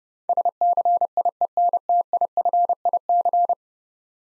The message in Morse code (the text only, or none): SCIENTIFIC